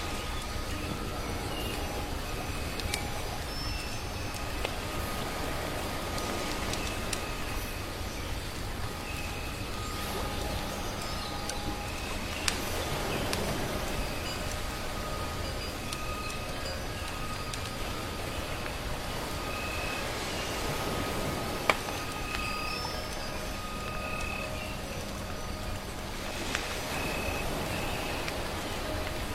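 Soft waves make a steady, dense wash through the whole recording, with a low rumble underneath. Short bird chirps come and go high above, and sharp crackles of firewood snap now and then, most clearly near 12 and 22 seconds.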